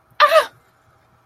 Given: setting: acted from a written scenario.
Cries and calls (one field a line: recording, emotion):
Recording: vocal sound without words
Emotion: negative surprise